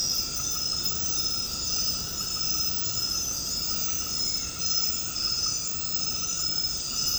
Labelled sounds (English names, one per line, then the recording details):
none
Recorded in secondary vegetation near Puerto Asís, Putumayo, Colombia, on 18 February 2024 at 23:00
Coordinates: 0.468, -76.324
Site G6381